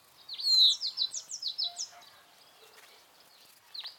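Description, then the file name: Common chaffinch singing a series of high, downward-sliding notes, followed later by a separate short high note. "Fringilla coelebs"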